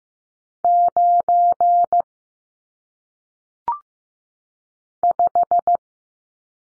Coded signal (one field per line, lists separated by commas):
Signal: Morse code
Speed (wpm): 15 wpm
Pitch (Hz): 700 Hz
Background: none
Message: 9 5